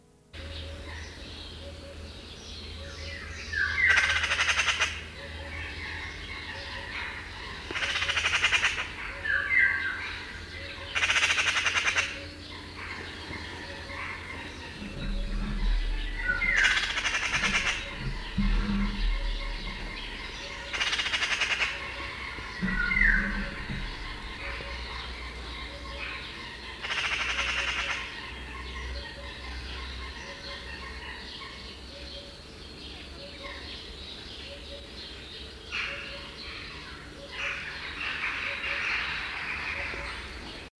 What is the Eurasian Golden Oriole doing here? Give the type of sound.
call